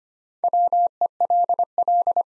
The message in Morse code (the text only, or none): WELL